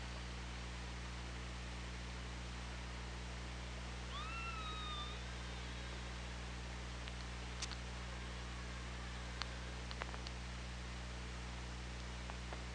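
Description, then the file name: Killer whale call, one wavering tonal note with stacked harmonics about a second long, then scattered sharp clicks over steady hiss and low hum. OrcaLab hydrophone, 24 August 2017. "Orca Lab UTLN JASON 20170824"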